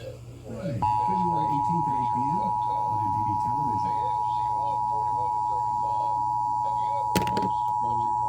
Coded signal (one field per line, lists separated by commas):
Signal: Emergency Alert System (SAME) tones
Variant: 853 and 960 Hz attention tone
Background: speech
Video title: (EAS #127-132) MISSISSIPPI'S REQUIRED MONTHLY TESTS WITH SOME FAILS (EAS alerts from 2/7/2022